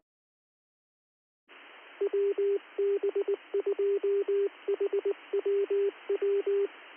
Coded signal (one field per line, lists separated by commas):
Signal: Morse code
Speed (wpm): 19 wpm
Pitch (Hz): 400 Hz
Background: none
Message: WB2HWW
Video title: 10 Meter FM 10/1/2023 Live